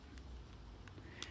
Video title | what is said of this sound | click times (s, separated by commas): Nyko Thin Case for Nintendo Switch Unboxing and In Depth Review | one clicked into place and this one even clicked in place you can hear it but it's | 1.2 s